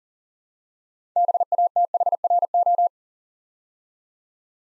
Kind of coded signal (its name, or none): Morse code